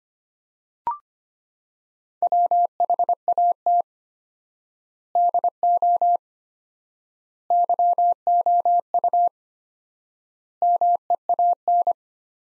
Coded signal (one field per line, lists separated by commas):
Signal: Morse code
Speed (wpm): 25 wpm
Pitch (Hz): 700 Hz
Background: none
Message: WHAT DO YOU MEAN